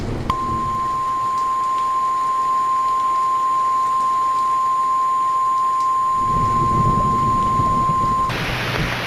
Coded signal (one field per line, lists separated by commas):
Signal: Emergency Alert System (SAME) tones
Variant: 1050 Hz attention tone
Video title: [Mini EAS Redux] Ion Lake